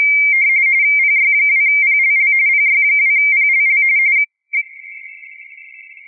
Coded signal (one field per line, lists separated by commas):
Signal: RTTY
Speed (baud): 45.45 baud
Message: PY2PLL PY2PLL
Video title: CQWW RTTY 2023